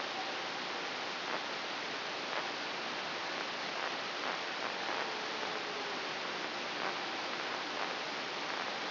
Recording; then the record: brain microelectrode recording played as sound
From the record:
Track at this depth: inside the subthalamic nucleus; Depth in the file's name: 6.133 mm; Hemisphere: right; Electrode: 2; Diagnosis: Parkinson's disease